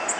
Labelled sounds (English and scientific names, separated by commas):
Golden-cheeked Warbler (Setophaga chrysoparia) flight call